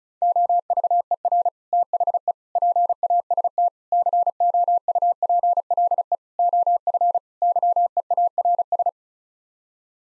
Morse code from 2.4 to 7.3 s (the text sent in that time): PAST COUPLE OF